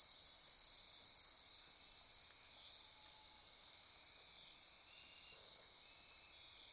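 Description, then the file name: Insect chorus, a dense, steady high-pitched shimmering drone with several overlapping buzzing layers, the highest of which drops out partway through. Insect chorus recorded at midnight near Corcovado. "Wind-is-the-Original-Radio-Fridays 20240628 Andy-Martin Midnight-Insect-Chorus-Near-Corcovado"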